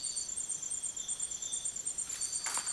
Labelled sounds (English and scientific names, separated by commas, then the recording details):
none
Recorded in dense forest near Puerto Asís, Putumayo, Colombia, on 19 February 2024 at 05:30
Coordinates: 0.505, -76.324
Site G6467